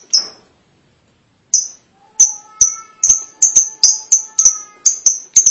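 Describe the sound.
Lovebird calls: clear, piercing high chirps, sparse at first then repeated rapidly about three a second, with faint whistled tones beneath.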